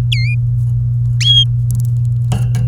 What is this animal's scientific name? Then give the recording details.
Serinus canaria. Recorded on 24 April 2018 at 05:50. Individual llb3